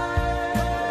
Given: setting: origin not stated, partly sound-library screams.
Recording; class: one-second piece from a danger detection set; normal situation